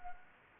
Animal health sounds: mosquito wingbeat signal from an infrared sensor; Anopheles arabiensis

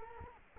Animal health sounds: mosquito wingbeat signal from an infrared sensor; Culex quinquefasciatus

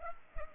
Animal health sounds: mosquito wingbeat signal from an infrared sensor; Culex pipiens

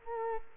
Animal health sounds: mosquito wingbeat signal from an infrared sensor; Culex quinquefasciatus

